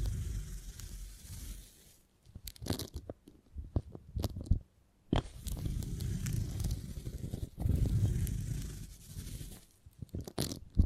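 Beeswax being handled and squeezed, with soft crackling and sticky tearing sounds that swell and fade in uneven bursts. Sharp little snaps and clicks punctuate the texture every second or so, with a near-silent pause around the five-second mark before the crinkling resumes.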